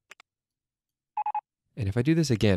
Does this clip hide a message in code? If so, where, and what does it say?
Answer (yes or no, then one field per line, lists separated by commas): no